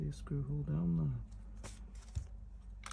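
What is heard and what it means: Someone talks while handling a plastic part for a large plastic figure model, fitting it over a screw-hole area of the model body, with soft rustling and a few brief plastic taps near 2.2 s and 2.9 s. Nothing has seated or clicked into place yet.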